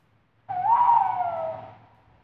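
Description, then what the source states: Tawny owl giving a single drawn-out hoot, a smooth tone that rises slightly, then wavers and fades over about a second and a half; otherwise quiet. Heard at night.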